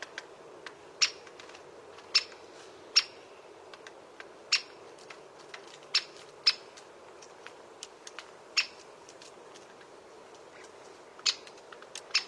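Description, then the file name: Great spotted woodpecker giving sharp, short clicking kik notes, loose and irregular, roughly one per second, with a few fainter ticks between, over a steady low hiss. "Canto do pica pau malhado grande"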